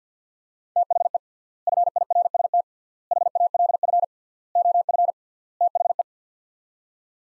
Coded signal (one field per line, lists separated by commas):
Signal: Morse code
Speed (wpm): 50 wpm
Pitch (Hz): 700 Hz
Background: none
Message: THE FIRST HALF OF THE